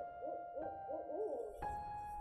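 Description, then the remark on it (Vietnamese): An owl hoots at night, a quick run of four or five soft, wavering mid-pitched calls, then falls silent over a steady faint tonal hum, with a couple of light knocks. “Trong đêm đen, tiếng chim cú mèo vẫn réo rắt như tiếng oan hồn đến đòi mạng.”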